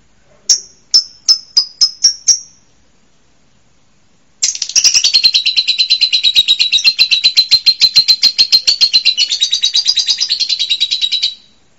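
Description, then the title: Bird song: six quick high chips, a short pause, then a long fast buzzy trill held for about seven seconds. "LuckyBurung MasteranBest"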